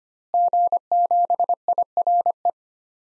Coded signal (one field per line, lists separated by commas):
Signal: Morse code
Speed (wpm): 25 wpm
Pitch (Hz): 700 Hz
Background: none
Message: G7IRE